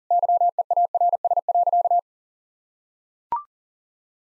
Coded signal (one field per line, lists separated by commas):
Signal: Morse code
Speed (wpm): 40 wpm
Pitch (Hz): 700 Hz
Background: none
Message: YEARS.